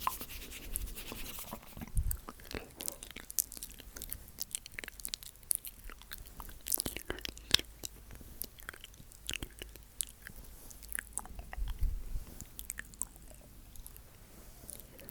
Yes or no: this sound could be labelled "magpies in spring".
no